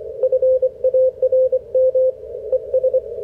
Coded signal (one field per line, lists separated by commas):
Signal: Morse code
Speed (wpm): 26 wpm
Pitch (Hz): 530 Hz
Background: radio noise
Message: FARM ES